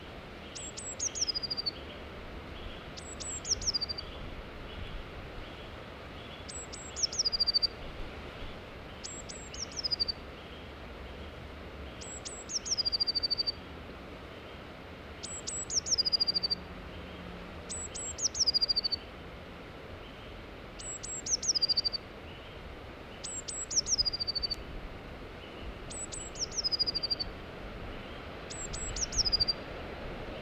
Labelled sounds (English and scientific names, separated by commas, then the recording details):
Eurasian Blue Tit (Cyanistes caeruleus) song
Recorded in the wild
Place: Remscheid, Nordrhein-Westfalen, DE
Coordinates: 51.16, 7.15
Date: 1995-03-18
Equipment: Sony WM-D6C
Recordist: Skiba, Reinald